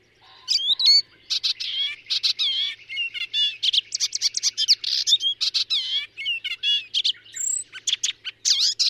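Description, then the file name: Icterine warbler pouring out a hurried, varied song of harsh chatters, whistled slurs and scratchy notes, almost without pause throughout. "Hypolais icterine"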